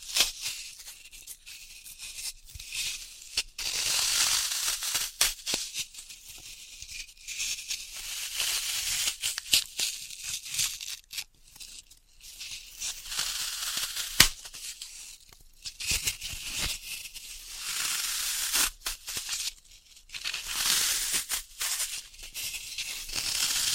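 Floral foam being tapped, cut and crushed, giving a dense run of crisp, bright crackling and scratchy rustles that rise and fall in bursts. Sharp taps cut through now and then, one standing out near fourteen seconds, with brief quieter gaps between clusters.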